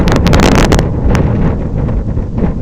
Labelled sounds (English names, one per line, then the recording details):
none
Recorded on Arctic tundra, site IGLO-F, on 26 June 2018
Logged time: 08:00